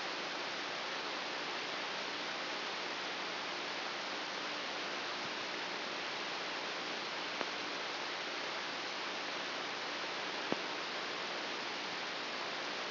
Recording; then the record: brain microelectrode recording played as sound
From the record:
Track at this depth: inside the subthalamic nucleus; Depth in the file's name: 1.956 mm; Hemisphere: left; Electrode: 2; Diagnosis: Parkinson's disease